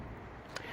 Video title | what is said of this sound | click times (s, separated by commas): Oh What A Feeling Corolla | get tight and then just to hear a click or two once | 0.6 s